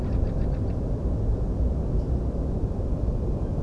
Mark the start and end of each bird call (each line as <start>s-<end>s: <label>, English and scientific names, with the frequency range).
0.03s-0.74s: Fieldfare (Turdus pilaris) (1.0-5.8 kHz)